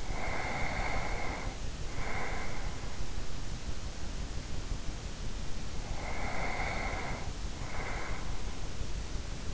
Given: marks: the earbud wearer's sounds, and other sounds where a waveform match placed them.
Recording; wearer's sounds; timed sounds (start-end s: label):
sounds in sleep by an in-ear microphone; breath
0.00-3.05 s: breath
5.55-8.54 s: breath